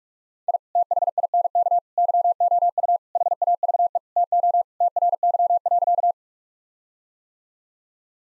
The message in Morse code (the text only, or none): I THINK YOU HAVE TO TRY.